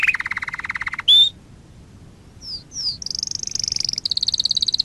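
Canary song opening with a steady rattling trill, a sharp high burst, a pause with two slurred whistles, then high rapid trills to the end.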